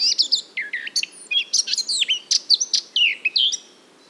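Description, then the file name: Eurasian blackcap singing one continuous, rapid warble of chattering and whistled notes that rise and fall, ending abruptly, over a faint low background hiss. "Sylvia atricapilla"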